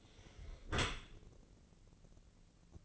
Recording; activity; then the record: daily activity, microphone in the room; close dishwasher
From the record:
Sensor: 4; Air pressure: 1013.2 hPa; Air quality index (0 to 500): 175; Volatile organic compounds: 2 ppm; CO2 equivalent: 1101 ppm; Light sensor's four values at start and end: 72/179/74/76 and 72/179/74/76